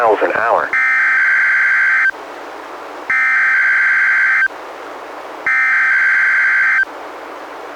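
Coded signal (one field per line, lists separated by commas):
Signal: Emergency Alert System (SAME) tones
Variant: header bursts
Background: speech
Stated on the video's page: NOAA Weather Radio Required Weekly Tests relayed by NWR station in Astoria, recorded from a Reecom R-1630 weather radio through a Zoom H1 recorder.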